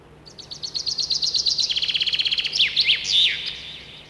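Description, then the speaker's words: Common Chaffinch song: cascading trill of rapid notes stepping lower, finishing with a twisting flourish at the end. Song always ends with a characteristic final flourish. "Послушай внимательно его песенку. Она всегда заканчивается вот таким росчерком."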